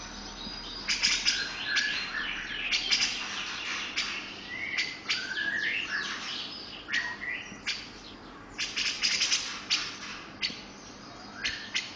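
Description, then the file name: Grey-cheeked bulbul song, a lively jumble of sharp chirps and short rising slurred whistles, delivered in quick bursts with brief pauses. "cucak jenggot om firly"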